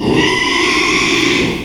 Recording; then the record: squeal of a Yucatan mini pig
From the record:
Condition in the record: after surgery on the right vocal fold (resection and tissue-engineered implant); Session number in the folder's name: 1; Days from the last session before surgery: 6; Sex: male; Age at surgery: 12 weeks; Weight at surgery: 13 kg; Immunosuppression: cyclosporine, prednisolone